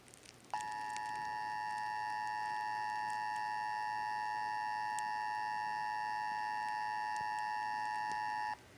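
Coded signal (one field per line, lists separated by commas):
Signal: Emergency Alert System (SAME) tones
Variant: 853 and 960 Hz attention tone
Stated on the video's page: Pennsylvania Required Monthly Test captured off TV stations and a cable box, some via Bluetooth headphones.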